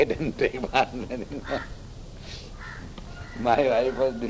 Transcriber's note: laughs